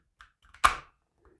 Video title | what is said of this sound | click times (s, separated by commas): CONCEALMENT EXPRESS OWB HOLSTER // A sturdy owb kydex holster worthy enough for my EDC? | And you can hear it snaps in pretty good | 0.6 s